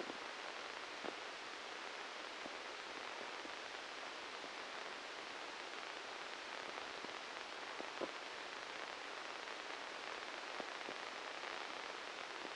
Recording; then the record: brain microelectrode recording played as sound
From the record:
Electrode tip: inside the subthalamic nucleus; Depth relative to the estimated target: 1 mm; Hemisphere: left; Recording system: NeuroSet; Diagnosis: Parkinson's disease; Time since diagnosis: 13 years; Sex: male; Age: 63 years